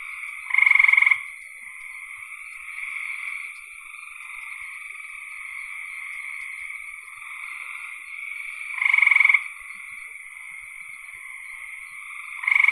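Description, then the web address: Frog calls: three loud, rattling pulsed bursts, widely spaced throughout, over a long, steady bed of fainter high frog trills. "cn frogs"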